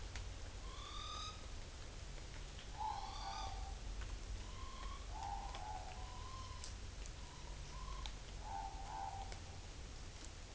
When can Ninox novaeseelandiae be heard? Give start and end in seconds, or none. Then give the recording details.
0.60-1.44, 2.62-3.69, 4.30-6.69, 7.17-9.30. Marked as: faintness 2/5, faintness 3/5, faintness 5/5. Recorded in New Zealand on 11 September 2013. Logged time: 02:19. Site Ponui